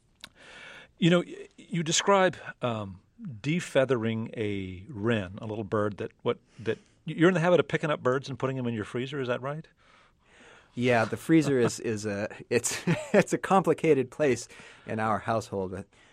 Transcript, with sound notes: You know, you described de-feathering a Wren, a little bird that, what, that you're in the habit of picking up birds and putting them in your freezer? Is that right?
(LAUGHTER)
Yeah. The freezer is a, it's a complicated place in our household.